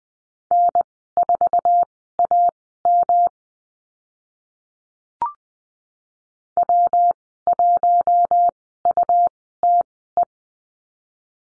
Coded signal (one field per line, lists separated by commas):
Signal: Morse code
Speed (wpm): 19 wpm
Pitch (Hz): 700 Hz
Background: none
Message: N4AM W1UTE